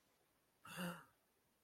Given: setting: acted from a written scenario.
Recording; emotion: vocal sound without words; fear